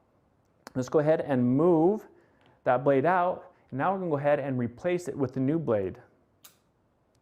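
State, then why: Seated. Someone talks while removing a dull blade from a rotary cutter and fitting a new circular blade, still in its pack, into it. After the talking stops, a short sharp click at 6.4 s marks the replacement blade seating in the rotary cutter.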